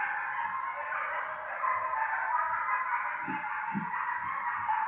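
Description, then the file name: Coyotes keep up an unbroken chorus of warbling, overlapping howls, with a few soft low thuds beneath. Several coyotes, recorded on 5 November 2015. "coyotes 20151105"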